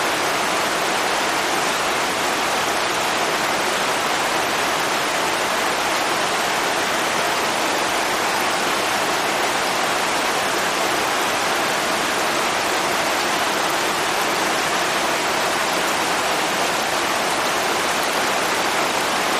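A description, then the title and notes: Rain falls steadily on a cabin's metal roof and the lake beyond, a dense, unbroken hiss with no pauses. The sound is bright and fine-grained, concentrated in the upper range, with only a soft low rumble underneath. Nothing else stands out. The gentle sound of an autumn rain falling on a lake from the porch of a log cabin. Hear the soothing sounds of rain on the metal roof of the cabin.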